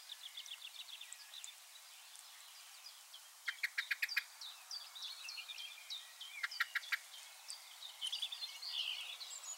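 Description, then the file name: Common blackbird chink calls in two quick clicking bursts, set against a chorus of high twittering and chirping from other birds. "Turdus merula"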